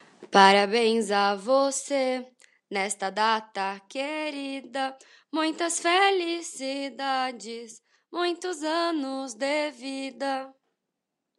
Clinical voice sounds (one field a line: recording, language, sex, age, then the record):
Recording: short text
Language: Brazilian Portuguese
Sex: female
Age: 20 to 29 years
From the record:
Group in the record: control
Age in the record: 23 years